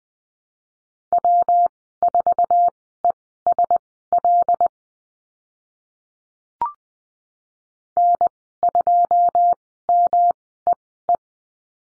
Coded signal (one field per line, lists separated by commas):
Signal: Morse code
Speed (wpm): 20 wpm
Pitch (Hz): 700 Hz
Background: none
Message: W4ESL N2MEE